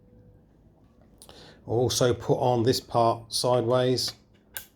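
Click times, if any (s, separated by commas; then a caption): 4.6 s. Someone talks while the fitting part of a Mybo Synergy Star ILF recurve bow limb is slid sideways onto the riser's limb bolt to test the fit. A sharp click is heard at 4.6 s as the limb pocket seats in place on the bolt.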